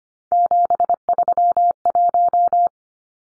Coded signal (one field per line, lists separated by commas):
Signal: Morse code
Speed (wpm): 25 wpm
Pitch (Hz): 700 Hz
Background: none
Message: 731